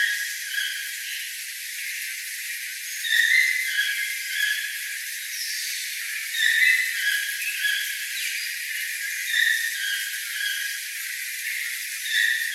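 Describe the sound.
Toucan calls: scattered harmonic yelps in loose bursts every few seconds over a steady hiss.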